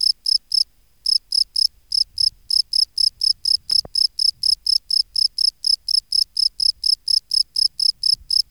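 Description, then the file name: Field cricket song of rapid high chirps, a short pause near the start, then steady chirping with a faint click. "Gryllus campestris"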